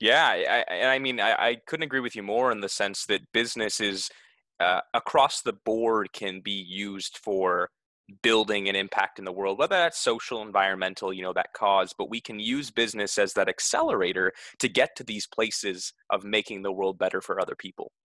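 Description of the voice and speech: A man speaks fluently and conversationally about business and social impact, with an ordinary voice and a few brief pauses.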